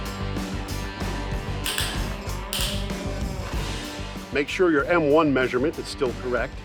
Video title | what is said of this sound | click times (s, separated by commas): Yakima SightLine FX Installation | tighten the pitch bolt until the torque wrench clicks | 2.5 s